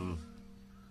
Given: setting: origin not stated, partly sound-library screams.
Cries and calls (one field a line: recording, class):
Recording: one-second piece from a danger detection set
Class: normal situation